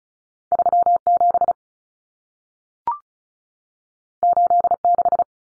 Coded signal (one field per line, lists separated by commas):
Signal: Morse code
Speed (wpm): 36 wpm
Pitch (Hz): 700 Hz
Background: none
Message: 37 86